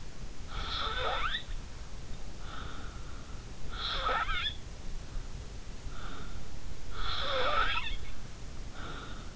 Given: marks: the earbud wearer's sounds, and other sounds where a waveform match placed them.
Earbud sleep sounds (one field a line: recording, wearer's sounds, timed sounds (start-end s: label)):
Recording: sounds in sleep by an in-ear microphone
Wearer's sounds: snoring breath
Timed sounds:
0.50-3.18 s: snoring breath
3.75-6.36 s: snoring breath
6.89-9.36 s: snoring breath